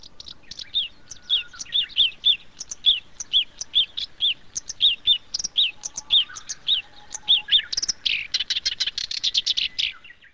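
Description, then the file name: Black-browed reed warbler song: a run of short chirpy notes repeated steadily, ending in a denser harsh buzzy burst near the close. "koyoshikiri"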